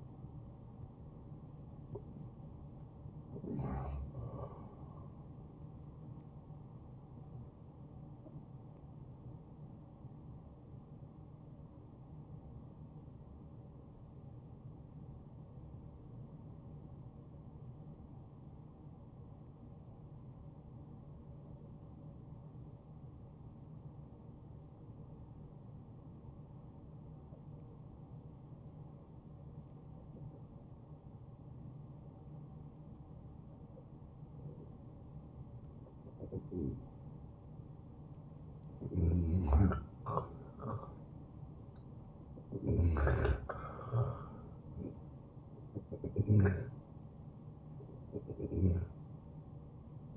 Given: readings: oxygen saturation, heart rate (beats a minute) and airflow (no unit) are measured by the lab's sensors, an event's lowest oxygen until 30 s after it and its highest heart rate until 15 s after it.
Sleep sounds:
breathing in sleep by a smartphone at the bedside; 1
9.00-36.80 s: obstructive apnea (N1, oxygen 95% highest, then 92% lowest, heart rate 86 at the start, 86 highest)
From the record:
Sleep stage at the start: N1 (lightest sleep); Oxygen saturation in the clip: 92 to 95%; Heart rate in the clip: 74 to 88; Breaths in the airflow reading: 4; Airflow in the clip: -11.2 to 8.1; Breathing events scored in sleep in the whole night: 263 in 5.5 hours asleep

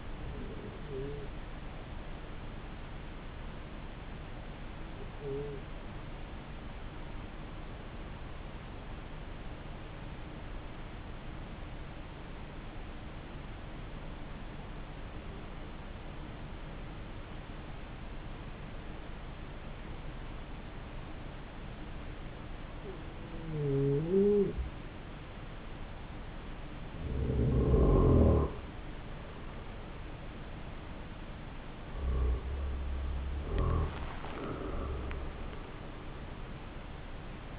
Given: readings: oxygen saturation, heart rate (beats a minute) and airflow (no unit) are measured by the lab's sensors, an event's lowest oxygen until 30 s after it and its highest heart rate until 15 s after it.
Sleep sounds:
breathing in sleep by a voice recorder at the bedside; 1
6.00-28.50 s: hypopnea (N2, oxygen 95% highest, then 91% lowest, heart rate 50 at the start, 61 highest)
From the record:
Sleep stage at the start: N2 (light sleep); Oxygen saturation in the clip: 91 to 95%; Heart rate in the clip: 49 to 57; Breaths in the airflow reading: 6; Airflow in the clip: -11.1 to 11.2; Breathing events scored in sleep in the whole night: 304 in 5.6 hours asleep

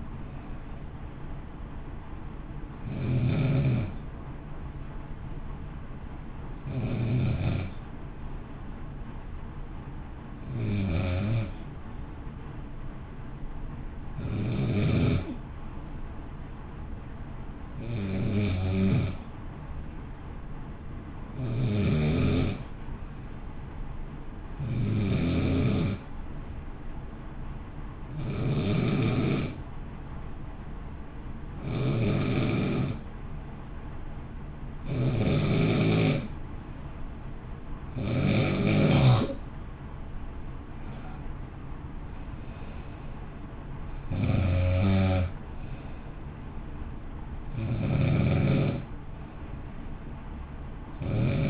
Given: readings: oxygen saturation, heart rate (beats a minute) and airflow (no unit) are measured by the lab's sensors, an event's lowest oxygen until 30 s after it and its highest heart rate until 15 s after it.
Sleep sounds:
breathing in sleep by a smartphone at the bedside; 1
7.00-35.90 s: hypopnea (N1, oxygen 95% highest, then 90% lowest, heart rate 52 at the start, 60 highest)
27.00-51.50 s: new sleep stage, N2 (light sleep)
From the record:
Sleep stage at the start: N1 (lightest sleep); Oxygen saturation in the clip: 88 to 95%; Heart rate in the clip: 52 to 60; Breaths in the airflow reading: 18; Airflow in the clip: -0.7 to 0.8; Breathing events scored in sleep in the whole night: 328 in 6.3 hours asleep

